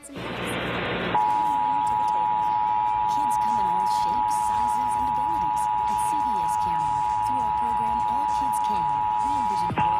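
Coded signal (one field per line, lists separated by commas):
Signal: Emergency Alert System (SAME) tones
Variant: 853 and 960 Hz attention tone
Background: speech, music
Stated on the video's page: Fake EAS program break with an Amber Alert.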